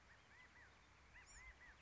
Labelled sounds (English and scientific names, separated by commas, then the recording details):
Acorn Woodpecker (Melanerpes formicivorus)
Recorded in Sonoma County, California